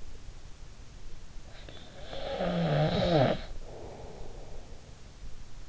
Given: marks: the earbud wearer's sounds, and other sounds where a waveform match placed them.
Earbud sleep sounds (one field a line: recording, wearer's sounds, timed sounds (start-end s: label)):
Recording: sounds in sleep by an in-ear microphone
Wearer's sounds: snoring breath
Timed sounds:
1.55-5.03 s: snoring breath